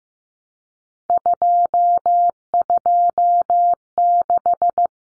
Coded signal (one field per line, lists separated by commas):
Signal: Morse code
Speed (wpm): 15 wpm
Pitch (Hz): 700 Hz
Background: none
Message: 226